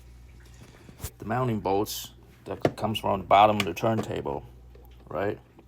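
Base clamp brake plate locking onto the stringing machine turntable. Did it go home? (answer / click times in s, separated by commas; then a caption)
no / none. Someone talks while handling the base clamp on a racquet stringing machine, whose cone-shaped brake plate pushes against a brass brake piece to hold the base plate on the turntable, where it is screwed onto mounting bolts coming from the bottom of the turntable. Only faint handling hits are heard under the speech. The clamp has not locked in place yet; nothing has seated.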